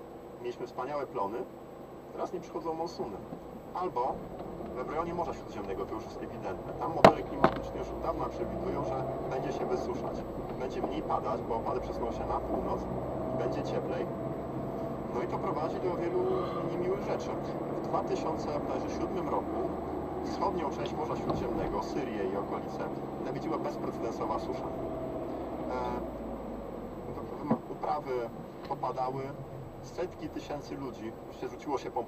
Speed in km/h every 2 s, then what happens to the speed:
0, 0, 0, 13, 18, 23, 30, 32, 34, 36, 34, 33, 31, 21, 16, 7.
0-4 standing. 4-17 pulls away to 36. 17-24 steady at about 33. 24-32 slows to 7.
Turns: none.